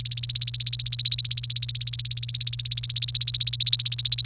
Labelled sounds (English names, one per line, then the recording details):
Domestic Canary song
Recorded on 28 April 2018 at 11:05
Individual llb3